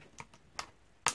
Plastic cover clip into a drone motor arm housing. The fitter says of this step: started and the front piece will click into place leave